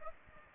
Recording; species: mosquito wingbeat signal from an infrared sensor; Aedes aegypti